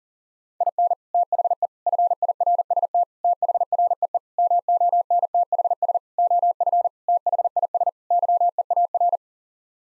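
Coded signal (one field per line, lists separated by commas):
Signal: Morse code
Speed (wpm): 40 wpm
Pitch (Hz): 700 Hz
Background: none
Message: IN THE FIRST THREE MONTHS OF THIS YEAR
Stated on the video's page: Head-copy practice drill of common eight-word groups sent at 40 wpm, each set sent, spoken, then sent again.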